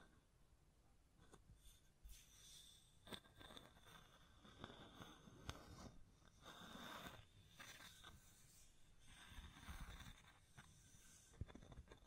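Irregular tapping and scratching with soft brushing hand sounds, sharp taps near 2, 3, 5.5 and 11.5 seconds over a rustling bed.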